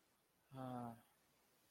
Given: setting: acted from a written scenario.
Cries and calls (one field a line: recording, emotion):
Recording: vocal sound without words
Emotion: shame